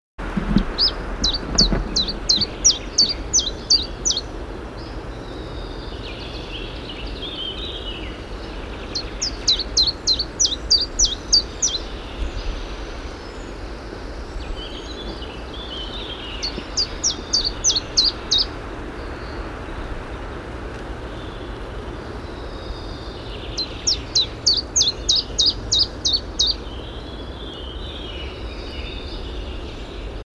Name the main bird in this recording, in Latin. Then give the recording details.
Phylloscopus collybita. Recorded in the wild. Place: Schwerin, Schweriner Außensee, Mecklenburg-Vorpommern, DE. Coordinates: 53.721, 11.461. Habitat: lake. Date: 1975-05-09. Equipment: Nagra III BH, Sennheiser MD 21, parabola. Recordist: Schubert, Michael. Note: Gesang Zilpzalp